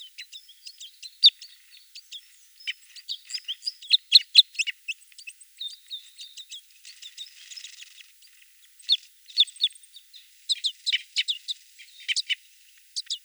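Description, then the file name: Common crossbill song, a busy run of sharp chips and short twitters, quieter for a moment near the middle before bursts of clipped notes resume. "klest elovik golos"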